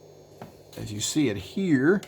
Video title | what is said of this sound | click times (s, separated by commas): Playmobil 70749 Novelmore Plane UNBOXING. | and then this clicks | 0.4 s